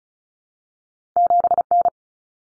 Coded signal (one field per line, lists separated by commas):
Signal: Morse code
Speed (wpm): 34 wpm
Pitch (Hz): 700 Hz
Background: none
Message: 7N